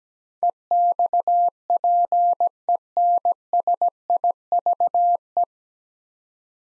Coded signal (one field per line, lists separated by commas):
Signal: Morse code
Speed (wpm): 17 wpm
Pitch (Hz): 700 Hz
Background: none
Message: EXPENSIVE